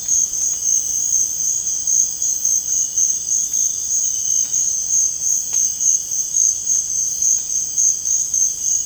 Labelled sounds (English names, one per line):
none